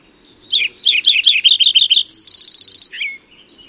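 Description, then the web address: Lincoln's sparrow song: a rapid, bubbly series of high chirping notes, then a faster trill on a higher pitch, ending with a short downslurred note. Recorded in California. "Lincoln's Sparrow Sounds Calif CLO"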